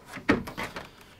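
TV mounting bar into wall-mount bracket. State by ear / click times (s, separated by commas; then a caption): seated / 0.3 s. The hanging bars on the back of a large Samsung S95C TV are lowered into the metal hooks on both sides of a slim-fit wall-mount bracket. A sharp click sounds at 0.3 s, followed by a few softer knocks. The mounting bar is seated down in the wall bracket.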